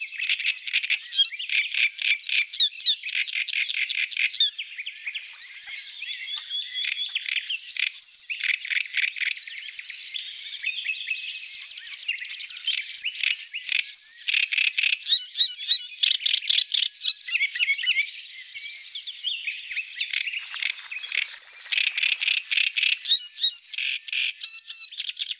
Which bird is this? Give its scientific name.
Acrocephalus arundinaceus